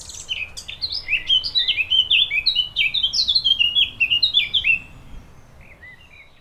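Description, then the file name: Eurasian blackcap song: a rapid, varied warble of high, twisting notes running several seconds, then a few soft, scattered notes. "chant fauvette a tete noire"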